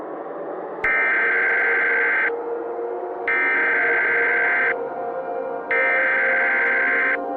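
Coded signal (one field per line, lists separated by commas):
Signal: Emergency Alert System (SAME) tones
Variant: header bursts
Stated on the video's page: Fictional EAS scenario made for entertainment, not a real event.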